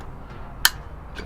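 A torque wrench tightens the final handlebar stem faceplate bolt while fitting a PNW Range Bar to a Co-op DRT 1.1 bike. It clicks sharply at 0.6 s as it reaches its setting, confirming the bolt is torqued, followed by a faint tick near 1.2 s.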